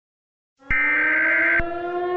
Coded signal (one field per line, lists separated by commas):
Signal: Emergency Alert System (SAME) tones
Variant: header bursts